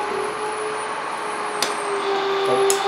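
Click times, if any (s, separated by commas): 1.6 s, 2.7 s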